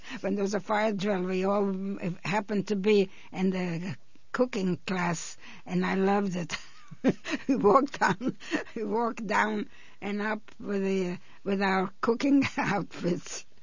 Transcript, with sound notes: When there was a fire drill, we all happened to be in the cooking class, and I loved it. (she laughs) We walked down, we walked down and up with our, with our cooking outfits.